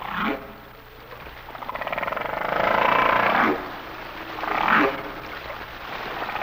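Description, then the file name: Humpback whale song: a brief sweep, then a long swelling moan, and a further moan near the end. "Sounds of Nature - Humpback Whales"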